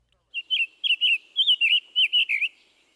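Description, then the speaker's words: Summer tanager song: a sing-song run of several clear whistled phrases. Southerly relative of the scarlet tanager; male's song has a sing-song rhythm, less burry than the scarlet tanager's. "His song also has that sing-song rhythm. However, it is less burry than the scarlet tanager. Listen to the summer tanager."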